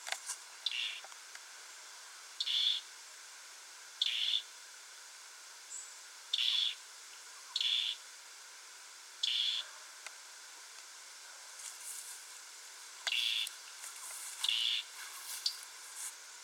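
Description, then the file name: European robin giving short, sharp calls, repeated at irregular intervals over a steady hiss. "Erithacus rubecula"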